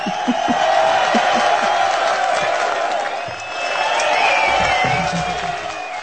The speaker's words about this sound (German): Ah, ich muss den Beifall einspielen.